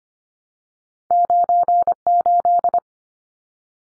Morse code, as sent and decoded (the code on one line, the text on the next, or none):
----. ---..
98